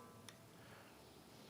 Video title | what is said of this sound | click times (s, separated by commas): How to Fold your 500 XT Electric Bike - Ride the Glide | your handle pull your lock in since you hear it click and then | 0.3 s